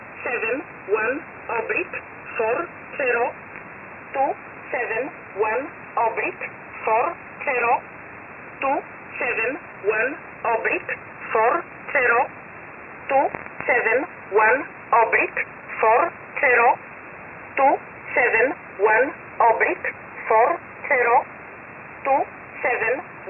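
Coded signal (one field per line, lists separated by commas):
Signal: numbers station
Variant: E11 Oblique, English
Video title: 10 11 2021 Number station E11 Oblique in English to Eu 0930 on 7469 unknown tx site in USB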